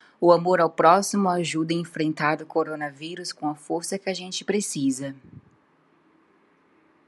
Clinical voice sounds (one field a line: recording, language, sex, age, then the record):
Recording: spoken sentence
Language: Brazilian Portuguese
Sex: female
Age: 30 to 39 years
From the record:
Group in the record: control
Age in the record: 34 years